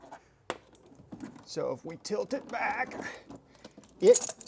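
Someone talks while an air filter is tilted back into the cold air intake housing of a Hellcat, with a sharp tap near 0.5 s, light plastic rustling and handling noises, and a louder scraping burst near the end. The filter has not clicked or seated into the intake box yet.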